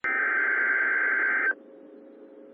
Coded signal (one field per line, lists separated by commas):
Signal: Emergency Alert System (SAME) tones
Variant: header bursts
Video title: Des Moines Iowa Tornado Warning EAS #18 12 15 21